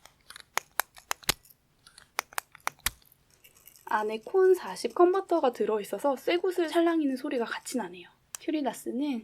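A woman repeatedly presses the knob of a second retractable fountain pen with a metal body, clicking the nib unit out and retracting it. Sharp clicks sound at 0.6, 0.8, 1.3, 2.2, 2.7 and 2.9 seconds, with the nib latching out and locking in place. Someone then talks from about 3.9 seconds to the end.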